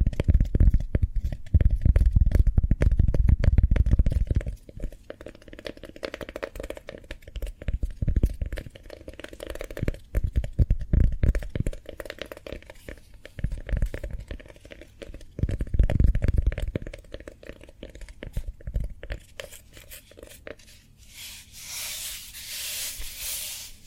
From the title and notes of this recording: ASMR Cork Triggers. (No Talking).